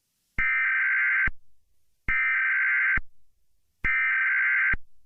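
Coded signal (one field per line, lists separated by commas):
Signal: Emergency Alert System (SAME) tones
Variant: header bursts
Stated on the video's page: Fictional asteroid impact scenario; EAS alert sound effects taken from a sound library.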